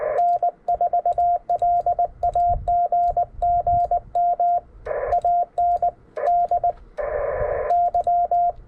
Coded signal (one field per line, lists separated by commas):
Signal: Morse code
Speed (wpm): 20 wpm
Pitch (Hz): 700 Hz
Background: radio noise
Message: N4LAG GM ANDY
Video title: Summits on the Air QRO activation with “Ham Radio Dude”